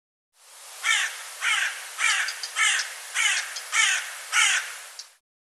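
Bird giving seven harsh, raspy caws in a steady run, one about every 0.6 seconds, with nothing else audible.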